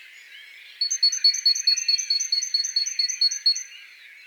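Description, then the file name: Great tit producing a rapid run of sharp, high repeated notes for close to three seconds. "Parus major"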